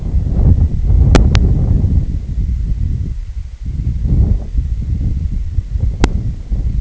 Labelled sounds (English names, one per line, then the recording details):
none
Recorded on Arctic tundra, site IGLO-D, on 25 June 2018
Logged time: 08:00